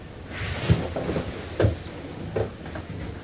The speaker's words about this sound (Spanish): Bill abre la puerta y la cierra sin salir de la roulotte.